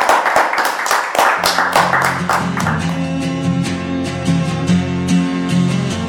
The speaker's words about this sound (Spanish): Bueno, un aplauso. Acaba de hacer la presentación de la revista.